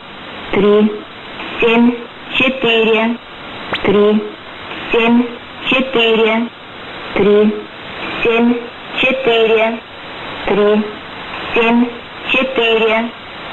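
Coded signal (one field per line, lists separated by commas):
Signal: numbers station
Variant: S06s, Russian female voice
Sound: a woman's voice reading about ten short words, evenly spaced, with pauses between them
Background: radio static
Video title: 12 02 2019 S06s Russian Lady numbers station in Russian to Eu 0715 on 6320 unknown tx site USB+AM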